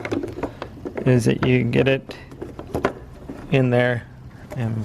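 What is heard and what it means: A plastic dust cover is being fitted into its opening on the back of the headlight housing of a 2019-present Kia Forte during a low beam light replacement, to be turned until it locks. Someone talks over faint plastic handling taps and knocks, the clearest near 0.6, 1.0 and 2.9 seconds. Nothing has seated or clicked yet.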